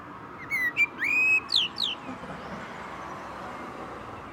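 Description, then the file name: Common blackbird utters a brief whistled phrase with falling squeaky notes at the end, over a steady background hiss. "Turdus merula"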